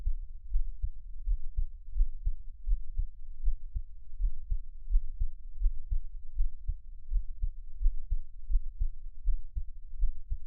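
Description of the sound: Soft, low, muffled heart thumps of an adult's own chest at roughly 80 per minute with uneven spacing and occasional longer gaps where a beat drops out. These are frequent, crazy skipped beats, an irregular rhythm. Close-up, with a steady low hum and no speech.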